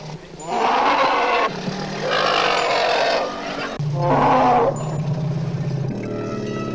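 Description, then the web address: Elephant giving three loud, harsh blasts, each lasting about a second. "Elefant"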